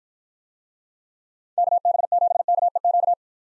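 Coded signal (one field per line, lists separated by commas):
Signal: Morse code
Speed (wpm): 49 wpm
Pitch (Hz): 700 Hz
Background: none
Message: KB7KEQ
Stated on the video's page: Call sign practice in Speed-Racing format, starting at 1.5 times base speed and slowing to base; final repeat sent once at maximum speed.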